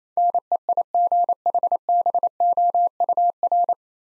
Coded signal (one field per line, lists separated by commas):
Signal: Morse code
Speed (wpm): 28 wpm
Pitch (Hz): 700 Hz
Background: none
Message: NEIGHBOUR